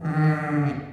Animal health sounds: contact call of a hoofed animal; sheep; low-frequency (closed-mouth) or high-frequency (open-mouth) call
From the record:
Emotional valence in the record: positive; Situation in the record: reunion with pen mate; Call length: 0.92 s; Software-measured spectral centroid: 1220 Hz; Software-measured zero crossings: 980 a second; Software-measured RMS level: -23 dBFS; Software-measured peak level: -11 dBFS

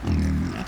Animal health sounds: contact call of a hoofed animal; wild boar; grunt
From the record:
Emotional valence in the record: positive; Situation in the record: food anticipation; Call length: 0.67 s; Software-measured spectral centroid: 1950 Hz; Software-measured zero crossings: 1030 a second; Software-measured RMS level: -24 dBFS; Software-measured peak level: -13 dBFS

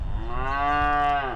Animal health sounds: contact call of a hoofed animal; cattle; low-frequency (closed-mouth) or high-frequency (open-mouth) call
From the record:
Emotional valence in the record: negative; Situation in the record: separation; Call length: 1.36 s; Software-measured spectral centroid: 1310 Hz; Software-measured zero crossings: 1290 a second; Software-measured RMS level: -24 dBFS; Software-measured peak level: -14 dBFS

